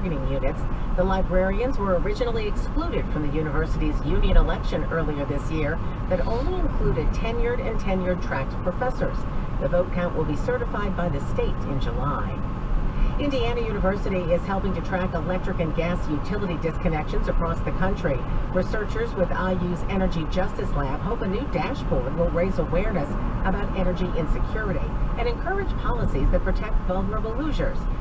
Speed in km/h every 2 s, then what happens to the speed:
47, 47, 47, 48, 50, 50, 50, 52, 52, 52, 52, 50, 47, 44.
0-21 steady at about 50. 21-28 slows to 44.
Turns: none.